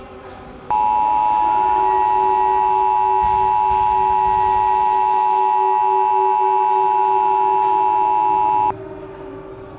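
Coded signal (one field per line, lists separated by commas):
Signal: Emergency Alert System (SAME) tones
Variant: 853 and 960 Hz attention tone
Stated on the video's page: Fictional zombie-virus EAS scenario, a recreation.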